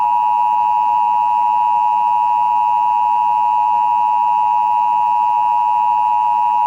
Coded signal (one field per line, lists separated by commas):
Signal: Emergency Alert System (SAME) tones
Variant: 853 and 960 Hz attention tone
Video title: (VALID TONES) EAS Recreation Mock - Blue & Pink (02/23/2000)